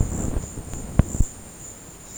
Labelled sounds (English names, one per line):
none